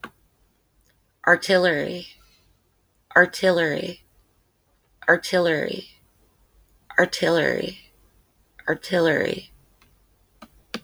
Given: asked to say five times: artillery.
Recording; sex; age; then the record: repeated word; female; 40 to 49 years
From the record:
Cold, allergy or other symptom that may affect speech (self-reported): yes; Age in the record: 41 years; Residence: Kentucky, United States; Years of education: 17